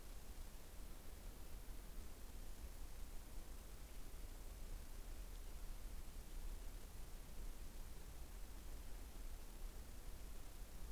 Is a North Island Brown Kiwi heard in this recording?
no